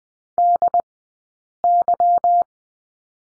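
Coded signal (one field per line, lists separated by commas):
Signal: Morse code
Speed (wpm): 20 wpm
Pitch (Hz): 700 Hz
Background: none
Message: DY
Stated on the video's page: Morse course lesson on number 9 with two characters, at Farnsworth speed of 20/10 wpm.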